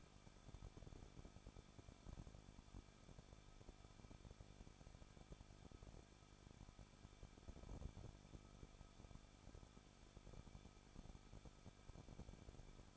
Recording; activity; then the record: daily activity, microphone in the room; no activity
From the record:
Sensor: 5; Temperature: 20.9 degrees Celsius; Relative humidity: 38.1%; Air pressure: 1006.5 hPa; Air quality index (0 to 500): 187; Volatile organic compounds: 18 ppm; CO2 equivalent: 2619 ppm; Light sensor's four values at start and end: 2/3/1/1 and 2/3/1/1